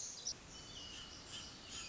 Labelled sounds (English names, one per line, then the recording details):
Pacific Wren
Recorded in Sonoma County, California